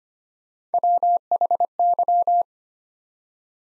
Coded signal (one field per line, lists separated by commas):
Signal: Morse code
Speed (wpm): 25 wpm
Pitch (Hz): 700 Hz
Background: none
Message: WHY